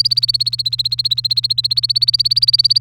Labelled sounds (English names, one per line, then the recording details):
Domestic Canary song
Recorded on 3 May 2018 at 08:04
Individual llb3